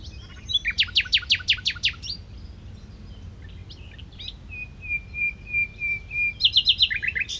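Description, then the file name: Common nightingale song with a rapid repeated rattle of notes, a series of pure whistled notes at one pitch, then another quick repeated burst. "Luscinia megarhynchos"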